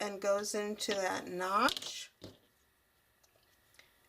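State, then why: Not seated. Someone talks while a cable plug is lined up with a Lego Mindstorms EV3 motor port, its clip facing up and aligned with the port's notch before being pushed in. After the talking, a brief handling sound comes at about 2.2 s, followed by faint ticks near 3.2 s and 3.8 s. Nothing has seated or clicked yet.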